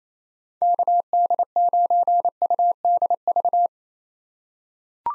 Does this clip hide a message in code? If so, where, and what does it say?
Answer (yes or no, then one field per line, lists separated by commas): yes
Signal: Morse code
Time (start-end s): 0.6-3.7 s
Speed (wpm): 28 wpm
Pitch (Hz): 700 Hz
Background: none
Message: KD9UDV